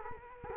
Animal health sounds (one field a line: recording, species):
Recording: mosquito wingbeat signal from an infrared sensor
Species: Culex quinquefasciatus